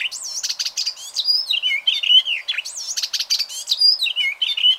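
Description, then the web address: Bird giving a continuous, varied warble of high, slurred whistles and quick ticking notes without a break. "ornitologiya slovar Ptichki"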